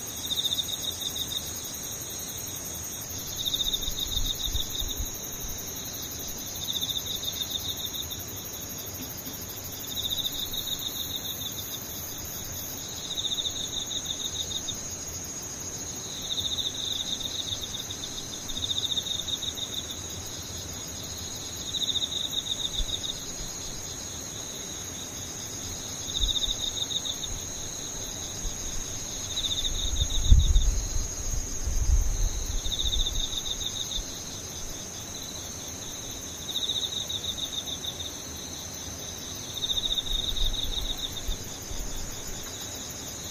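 Insects chirp in a steady, high-pitched pulsing rhythm, repeating evenly throughout, with a continuous thin buzz above it. Low rumbles of distant wind or traffic rise and fall underneath, strongest around thirty seconds.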